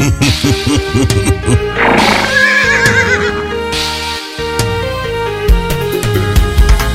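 A horse whinnies loudly with a quavering, wavering pitch, followed by more neighing and a rhythmic clip-clop of hooves running steadily underneath.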